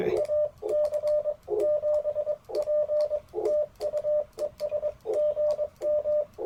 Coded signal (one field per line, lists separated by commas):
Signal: Morse code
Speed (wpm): 22 wpm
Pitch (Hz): 600 Hz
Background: speech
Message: AC7P TU ES GM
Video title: Morning Morse Code at Chewacla State Park K-1038 - 11/13/23